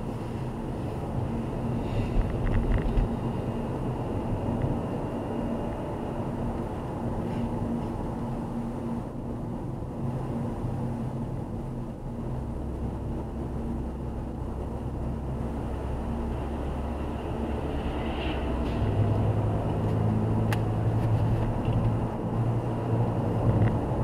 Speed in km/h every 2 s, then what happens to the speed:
51, 55, 58, 55, 51, 47, 50, 52, 58, 63, 67, 69.
0-4 speeds up to 58. 4-11 slows to 47. 11-20 speeds up to 67.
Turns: none.